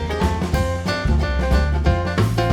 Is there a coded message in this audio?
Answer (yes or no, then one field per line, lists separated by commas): no